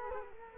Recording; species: mosquito wingbeat signal from an infrared sensor; Culex quinquefasciatus